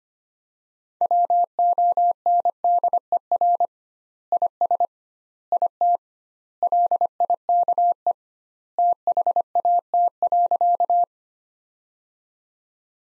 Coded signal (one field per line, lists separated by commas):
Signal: Morse code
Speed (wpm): 25 wpm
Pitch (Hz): 700 Hz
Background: none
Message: WONDER IS IT LIKE THAT.